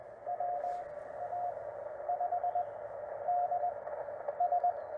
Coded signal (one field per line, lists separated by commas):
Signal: Morse code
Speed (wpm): 17 wpm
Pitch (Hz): 700 Hz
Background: radio noise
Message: WA5DS